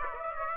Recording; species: mosquito wingbeat signal from an infrared sensor; Aedes aegypti